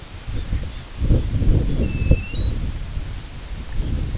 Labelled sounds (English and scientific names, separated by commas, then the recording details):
Red Phalarope (Phalaropus fulicarius), American Golden-plover (Pluvialis dominica)
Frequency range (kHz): Red Phalarope (Phalaropus fulicarius) 2.9-4.2 kHz; American Golden-plover (Pluvialis dominica) 2.4-4.3 kHz
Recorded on Arctic tundra, site IGLO-A, on 16 June 2018
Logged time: 13:59